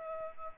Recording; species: mosquito wingbeat signal from an infrared sensor; Culex pipiens